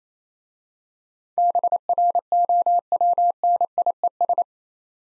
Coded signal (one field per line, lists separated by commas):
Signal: Morse code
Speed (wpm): 29 wpm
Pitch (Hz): 700 Hz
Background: none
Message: BROWNIES